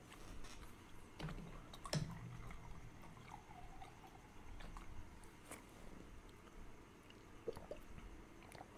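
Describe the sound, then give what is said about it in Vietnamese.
Soft, wet chewing of milk tea pearls, with squishy, sticky mouth sounds and occasional sharper clicks, steady and quiet with no talking. “Hiện giờ là mình đang và mình uống ít trà sữa.”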